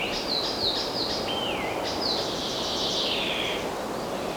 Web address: مجموعه افکت صدا حیوانات SES Animals SFX Forest Birds